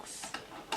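A plastic or metal sewing machine bobbin is popped into its holder, likely the bobbin winder spindle, and pushed in. After faint ticks near 0.0 and 0.35 s, a sharp click sounds at 0.7 s as the bobbin seats onto the holder.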